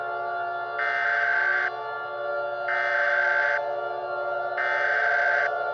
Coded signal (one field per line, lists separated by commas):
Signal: Emergency Alert System (SAME) tones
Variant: header bursts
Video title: (OLD) Fires From Heaven 2: John's Comet (EAS Valentine's Day Special)